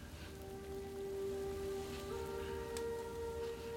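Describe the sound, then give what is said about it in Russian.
A steady wash of rain hisses continuously with no clear individual drops, while a low, sustained droning tone hums underneath throughout. No one speaks. “Когда дождь закончится, они придут сюда.”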